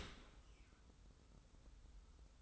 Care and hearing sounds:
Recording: daily activity, microphone in the room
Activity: open dishwasher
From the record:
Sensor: 3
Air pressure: 990.5 hPa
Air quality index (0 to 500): 195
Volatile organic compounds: 1000 ppm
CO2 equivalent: 6370 ppm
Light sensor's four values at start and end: 39/91/37/35 and 39/91/37/35

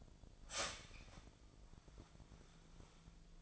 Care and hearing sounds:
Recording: daily activity, microphone in the room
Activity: start toaster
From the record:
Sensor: 5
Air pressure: 1009.5 hPa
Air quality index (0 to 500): 169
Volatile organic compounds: 4 ppm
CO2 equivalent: 1635 ppm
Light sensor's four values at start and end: 91/241/98/104 and 91/241/98/103

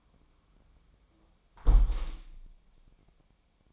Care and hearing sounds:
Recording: daily activity, microphone in the room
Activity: close window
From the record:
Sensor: 1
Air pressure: 1000.5 hPa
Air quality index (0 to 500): 178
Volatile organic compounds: 4 ppm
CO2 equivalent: 1641 ppm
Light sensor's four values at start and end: 10/25/10/12 and 10/24/10/11

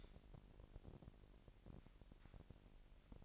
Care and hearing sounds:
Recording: daily activity, microphone in the room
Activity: light on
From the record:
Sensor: 5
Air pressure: 1002.0 hPa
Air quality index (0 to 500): 231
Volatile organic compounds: 33 ppm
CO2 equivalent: 3021 ppm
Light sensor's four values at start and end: 16/37/15/16 and 16/39/16/17

